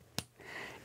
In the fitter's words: You can kind of hear a click and